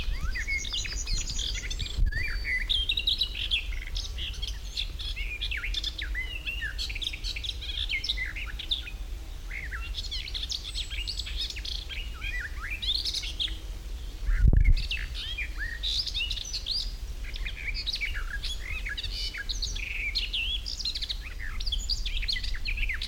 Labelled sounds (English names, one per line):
Garden Warbler